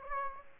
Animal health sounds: mosquito wingbeat signal from an infrared sensor; Aedes aegypti

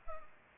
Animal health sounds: mosquito wingbeat signal from an infrared sensor; Culex pipiens

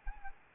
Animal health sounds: mosquito wingbeat signal from an infrared sensor; Anopheles arabiensis

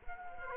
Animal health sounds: mosquito wingbeat signal from an infrared sensor; Culex quinquefasciatus

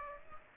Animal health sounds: mosquito wingbeat signal from an infrared sensor; Aedes aegypti

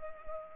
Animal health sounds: mosquito wingbeat signal from an infrared sensor; Culex pipiens

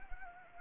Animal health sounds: mosquito wingbeat signal from an infrared sensor; Anopheles gambiae

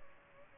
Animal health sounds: mosquito wingbeat signal from an infrared sensor; Culex pipiens

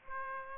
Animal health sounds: mosquito wingbeat signal from an infrared sensor; Aedes aegypti

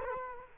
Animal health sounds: mosquito wingbeat signal from an infrared sensor; Culex quinquefasciatus

